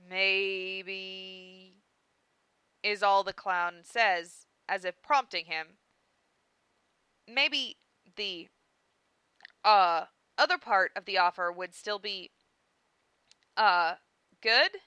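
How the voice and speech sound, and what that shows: A woman reads narration aloud, and the character's lines come out broken: a drawn-out "maaay-beee," long silent gaps, and stretched "uh" fillers before "the" and "good." This is acted stuttering with prolongations, hesitations and blocks.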